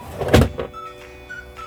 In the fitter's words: and then push it back in all the way until it you hear the click